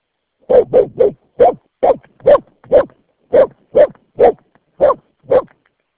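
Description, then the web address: Dog barking in a quick run of about a dozen sharp barks, each short and evenly spaced at first, with brief silences between. "Santra. taperan koirat"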